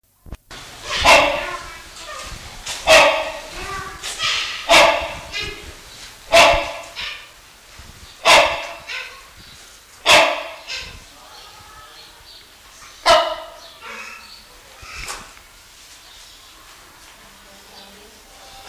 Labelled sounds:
Rhinoceros Hornbill (Buceros rhinoceros) call
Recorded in captivity
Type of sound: call sequence
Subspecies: borneoensis
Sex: male
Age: adult
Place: Zoo Berlin, Berlin, DE
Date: 1999-08-23 16:03
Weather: wolkig, ca. 17-18°C
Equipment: Sony WM-D6C, Sennheiser ME 80, Kopie Uher 4000 Report Monitor
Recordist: Tembrock, Günter
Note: Weiß-Rhinoceroshornvogel (B.r.borneoensis): Männchen: Rufreihe

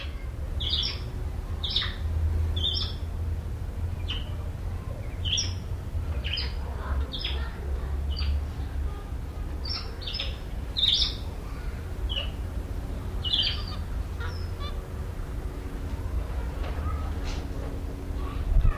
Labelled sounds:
Weeper Capuchin (Cebus olivaceus)
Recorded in captivity
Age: adult
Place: Zoo Berlin, Berlin, DE
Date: 1994-08-27 10:13
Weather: heiter, 16-22°C
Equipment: Marantz CP 430, Sennheiser ME 80, Kopie Uher Variocord 263
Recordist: Tembrock, Günter

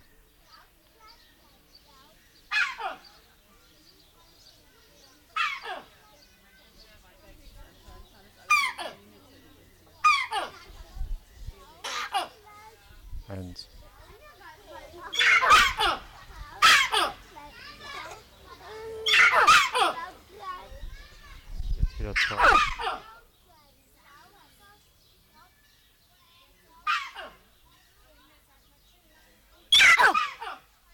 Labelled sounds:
Collared Mangabey (Cercocebus torquatus)
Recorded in captivity
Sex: male
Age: adult
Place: Tierpark Berlin, Berlin, DE
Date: 1995-05-21 14:14
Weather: wolkig, 17°C
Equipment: Marantz CP 430, Sennheiser ME 80, Kopie Uher 4000 Report Monitor
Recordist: Tembrock, Günter

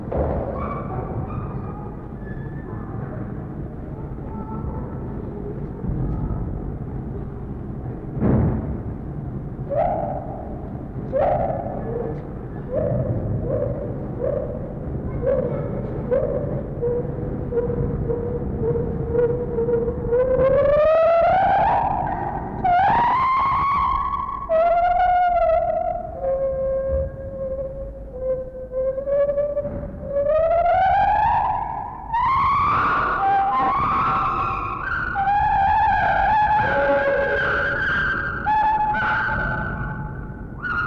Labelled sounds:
Lar Gibbon (Hylobates lar)
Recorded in captivity
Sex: pair
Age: adult
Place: Zoo Berlin, Berlin, DE
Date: 1961-02-25 14:00
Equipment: Minifon, Kopie Smaragd
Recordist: Tembrock, Günter

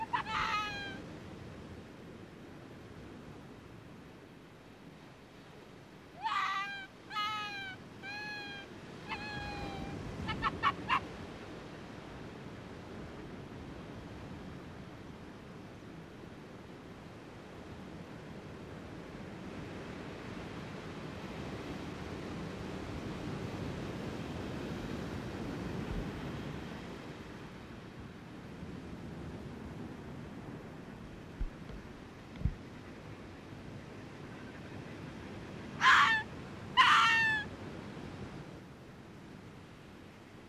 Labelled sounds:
Arctic Fox (Vulpes lagopus) call
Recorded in the wild
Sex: female
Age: adult
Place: Insel Mednyi, Kommandeur-Inseln, RU
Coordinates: 54.5167, 168.083
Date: 1999-07-29 17:05
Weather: bedeckt, windstill, 10°C
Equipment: Sony WM-D6C, Sennheiser MKH 70, Windkorb, Kopie Tascam DA 30
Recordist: Frommolt, Karl-Heinz

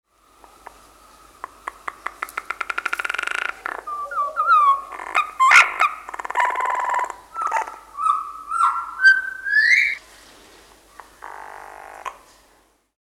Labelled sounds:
African Green-Pigeon (Treron calvus)
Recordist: Tembrock, Günter
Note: Lautfolge

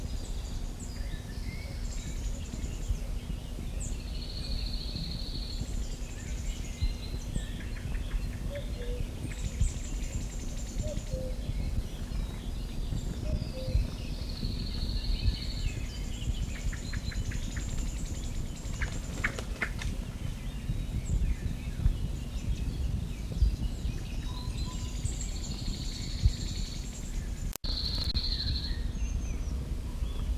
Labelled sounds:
Cirl Bunting (Emberiza cirlus)
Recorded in the wild
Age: adult
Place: Görz, IT
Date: 1968-06-02
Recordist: Brunner, Thomas
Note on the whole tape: Aufnahme: Nähe von Görz, Italien

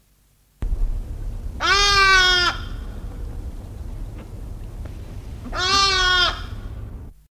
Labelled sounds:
Hadada Ibis (Bostrychia hagedash) call
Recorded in captivity
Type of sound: call
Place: Zoo Hannover, Niedersachsen, DE
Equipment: Halbspur, 9,5 cm/s
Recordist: Lütgens, Hans
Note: Rufe

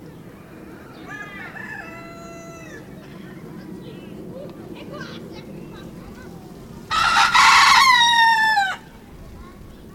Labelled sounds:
Red Junglefowl (Gallus gallus) call
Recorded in captivity
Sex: male
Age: adult
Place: Zoo Berlin, Berlin, DE
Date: 1991-10-30 11:20
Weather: sonnig, 0°C
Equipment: Nagra SN, Kopie Tesla B 116
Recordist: Tembrock, Günter

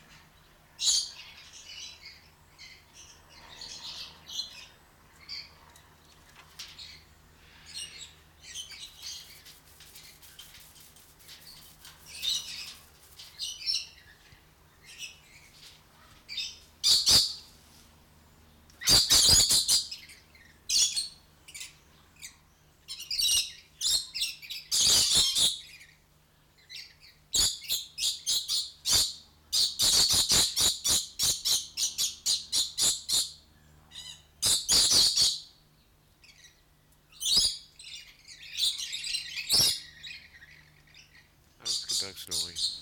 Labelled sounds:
Pied Crow (Corvus albus) call
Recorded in captivity
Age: adult
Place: Zoo Berlin, Berlin, DE
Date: 1993-08-28
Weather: 12-15°C, heiter
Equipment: Marantz CP 430, Sennheiser MKH 416 T, Kopie Uher Variocord 263
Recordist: Tembrock, Günter

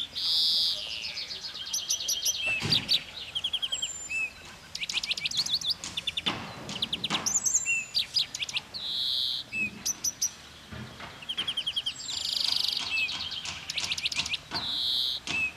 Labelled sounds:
European Greenfinch (Chloris chloris) song
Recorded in the wild
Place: Oberstdorf, Bayern, DE
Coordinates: 47.4078, 10.2781
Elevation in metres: 811
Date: 1985-04-02
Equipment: Uher 4000 Report, Sennheiser MKH 815 T
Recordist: Tretzel, Erwin

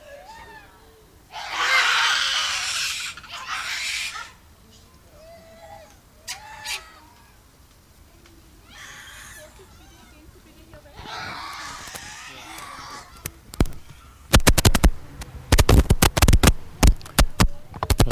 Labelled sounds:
Gelada (Theropithecus gelada)
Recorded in captivity
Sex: group
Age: adult
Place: Tiergarten Wilhelma/Stuttgart, Baden-Württemberg, DE
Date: 2000-09-24 18:04
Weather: bedeckt, 15°C
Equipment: Nagra SN, Kopie Uher 4000 Report Monitor
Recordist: Tembrock, Günter
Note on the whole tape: Gruppe vor Einlaß, technische Probleme (Mikrofonkabel) bei Ansagen

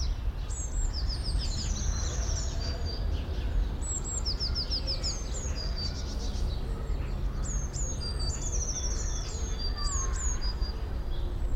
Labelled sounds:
Eurasian Blue Tit (Cyanistes caeruleus)
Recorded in the wild
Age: adult
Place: Tierpark Berlin, Berlin, DE
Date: 1993-03-13
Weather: 5-12 °C, heiter
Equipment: Marantz CP 430, Sennheiser ME 80, Kopie Uher Variocord 263
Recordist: Tembrock, Günter

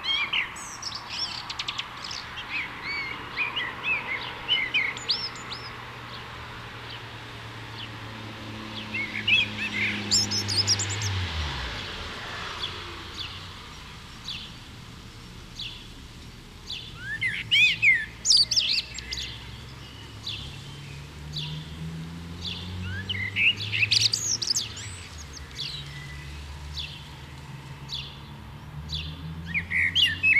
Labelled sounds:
Common Blackbird (Turdus merula) song
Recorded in the wild
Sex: male
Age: adult
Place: Kaiserslautern, Rheinland-Pfalz, DE
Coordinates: 49.4283, 7.77861
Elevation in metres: 279
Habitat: garden
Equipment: Nagra IV, Sennheiser MKH 405, Parabolreflektor
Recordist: Tretzel, Erwin

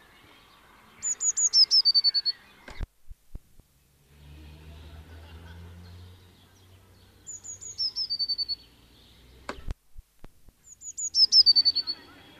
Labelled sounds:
Eurasian Blue Tit (Cyanistes caeruleus) song
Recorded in the wild
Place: Kaiserslautern, Rheinland-Pfalz, DE
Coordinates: 49.4284, 7.7788
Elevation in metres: 279
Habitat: garden
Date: 1977-06-17
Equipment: Nagra IV, Sennheiser MKH 405, Parabolreflektor
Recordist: Tretzel, Erwin

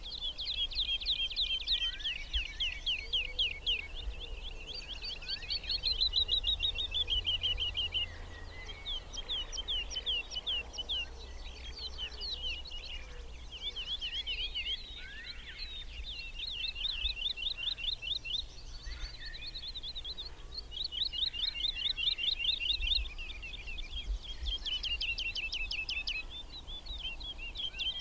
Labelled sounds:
Wood Lark (Lullula arborea) flight song
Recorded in the wild
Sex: male
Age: adult
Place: Schönow, Naturpark Barnim, Brandenburg, DE
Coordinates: 52.6939, 13.5044
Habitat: heath
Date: 2005-05-01
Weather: clear, 10°C, no wind
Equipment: Edirol R-4, Sennheiser MKH 70, Windschutz
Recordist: Frommolt, Karl-Heinz

